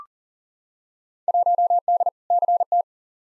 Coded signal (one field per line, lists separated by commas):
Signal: Morse code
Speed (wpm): 40 wpm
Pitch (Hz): 700 Hz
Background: none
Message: 1D CT